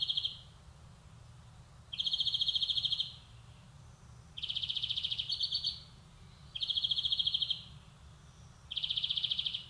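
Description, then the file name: European greenfinch delivering repeated fast buzzy trills about a second long, one mixed with brief twittering notes, every two seconds or so. "Chloris chloris"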